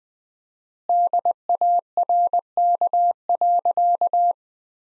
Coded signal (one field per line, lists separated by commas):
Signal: Morse code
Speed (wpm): 20 wpm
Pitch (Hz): 700 Hz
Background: none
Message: DARK.